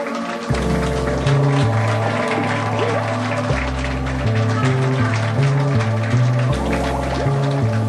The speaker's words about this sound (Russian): Спасибо! Спасибо большое, и, в общем-то, аплодисменты эти скорее автору!